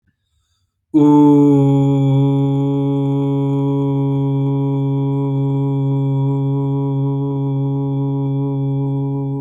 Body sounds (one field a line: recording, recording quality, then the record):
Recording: sustained vowel as in boot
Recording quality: excellent, no background noise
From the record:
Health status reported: healthy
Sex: male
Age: 24 years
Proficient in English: yes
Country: United States